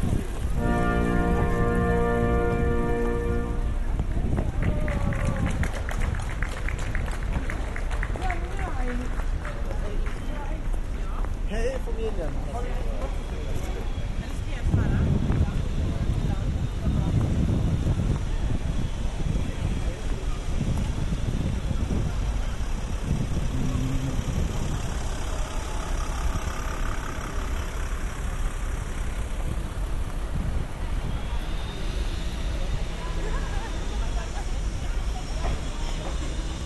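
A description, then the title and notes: Street sound from a busy city square: a constant rumble of traffic with people talking. A sustained horn-like tone sounds for the first few seconds, and a vehicle passes loud around fifteen to eighteen seconds, over a steady thin hiss. Bergen Square. These binaural recordings are experiments in a sort of lo-fi augmented reality sound.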